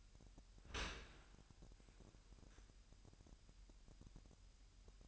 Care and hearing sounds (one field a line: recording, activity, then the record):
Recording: daily activity, microphone in the room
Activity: open dishwasher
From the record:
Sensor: 2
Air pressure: 998.2 hPa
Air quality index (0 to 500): 148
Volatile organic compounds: 4 ppm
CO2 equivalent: 1680 ppm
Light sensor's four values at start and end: 10/30/12/11 and 10/30/12/11